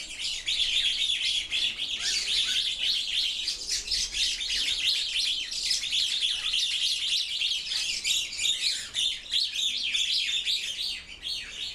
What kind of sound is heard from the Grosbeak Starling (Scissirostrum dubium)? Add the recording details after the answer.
call. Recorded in captivity. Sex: diverse. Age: diverse. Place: Zoo Berlin, Berlin, DE. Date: 1997-09-16 14:31. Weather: partly sunny, ca. 23°C. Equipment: Sony MD-WM MZ-R3, Sennheiser ME 80, Kopie Uher 4000 Report Monitor. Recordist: Tembrock, Günter